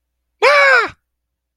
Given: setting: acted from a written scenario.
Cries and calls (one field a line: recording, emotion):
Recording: vocal sound without words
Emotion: fear